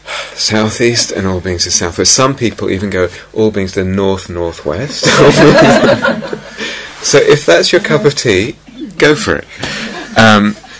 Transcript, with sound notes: south-east and all beings to the south-west. Some people even go all beings to the north-north-west. [laughter] So if that's your cup of tea, go for it.